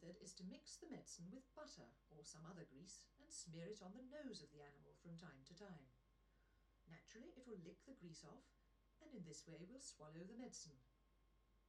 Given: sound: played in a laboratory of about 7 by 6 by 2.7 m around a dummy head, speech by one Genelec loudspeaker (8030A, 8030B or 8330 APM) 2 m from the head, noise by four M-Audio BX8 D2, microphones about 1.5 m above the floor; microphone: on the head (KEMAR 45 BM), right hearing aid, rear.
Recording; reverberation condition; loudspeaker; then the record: female speech in English; low; 150 degrees to the left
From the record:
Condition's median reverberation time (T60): about 310 ms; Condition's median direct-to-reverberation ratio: about 3.5 dB